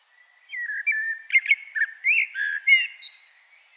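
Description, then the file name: Common blackbird giving a soft, quieter warbled phrase of low whistles with faint high twittering notes at its close. "Turdus merula"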